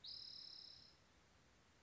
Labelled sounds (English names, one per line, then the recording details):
Spotted Towhee
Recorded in Sonoma County, California